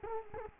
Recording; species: mosquito wingbeat signal from an infrared sensor; Culex quinquefasciatus